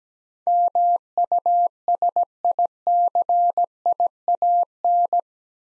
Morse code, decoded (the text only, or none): MUSICIAN